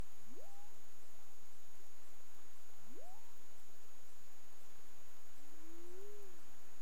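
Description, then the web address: Humpback whale calls: two steep rising upsweeps about two and a half seconds apart, then a longer gently arching tone, all over constant background hiss. Recorded 15 March 2035 at 16:53:57 UTC. "CARIMAM. humpback whale"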